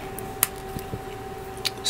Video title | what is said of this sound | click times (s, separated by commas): *GundamCustom* RG 1/144 Blue Justice Gundam - Part 8 | I'll go right over it like that snaps into place | 0.4 s